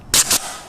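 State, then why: Seated. A hog ring gun is squeezed to close a metal ring clip around the lower remesh and the metal lath, joining the two layers of steel mesh. A sharp, bright metallic click comes at 0.1 s, a second short snap follows about 0.3 s, and both fade quickly. The clip is seated as a firm, solid diagonal clamp.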